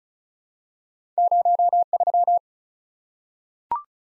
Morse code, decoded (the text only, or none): 03